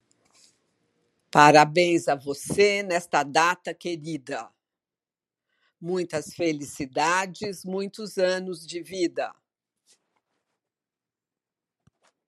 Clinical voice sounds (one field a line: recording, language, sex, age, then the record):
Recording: short text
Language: Brazilian Portuguese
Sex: female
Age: 70 to 79 years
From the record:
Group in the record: control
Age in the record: 73 years